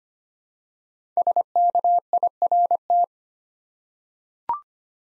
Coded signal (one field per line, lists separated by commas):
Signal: Morse code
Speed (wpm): 25 wpm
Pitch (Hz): 700 Hz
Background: none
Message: SKIRT